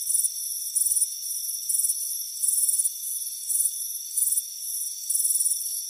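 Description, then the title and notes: Cricket chirps in uneven bursts, some short and some drawn out, shrill and pulsing above a constant high buzzing background. Crickets chirping on a warm afternoon at a front porch. "Soothing Crickets Chirping Sound. It's a warm afternoon as you relax in a hammock on the front porch. Relax and fall asleep to the soothing sound of chirping crickets"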